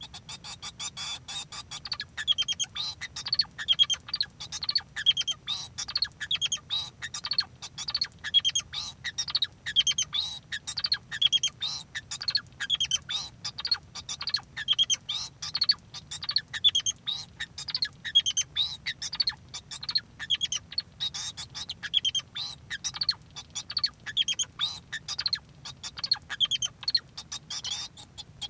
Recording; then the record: song of a male Bengalese finch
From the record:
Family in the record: son of father 2